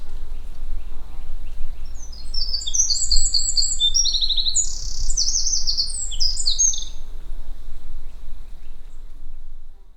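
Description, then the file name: Eurasian wren song, a long fast cascade of high trills and sharp twittering notes running for about six seconds over a low steady rumble. "Troglodytes troglodytes"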